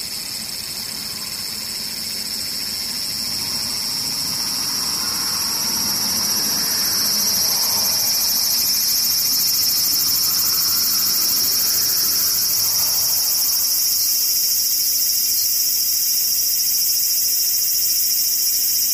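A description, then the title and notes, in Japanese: Cicadas buzz in a dense, unbroken high drone that swells slightly louder over the first ten seconds, then holds steady. A softer, lower murmur, perhaps a passing vehicle, drifts underneath between about five and fourteen seconds. セミムシ。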